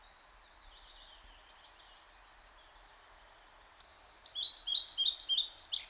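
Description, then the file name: European pied flycatcher song: a faint trailing phrase fades out, a few quiet seconds pass, then a bright rhythmic run of quick high notes begins. "Мухоловка пеструшка Ficedula hypoleuca"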